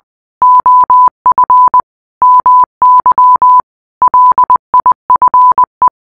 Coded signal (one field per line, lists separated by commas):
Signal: Morse code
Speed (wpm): 20 wpm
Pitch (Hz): 1000 Hz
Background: none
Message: OF MY LIFE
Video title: rickroll secret ending in morse code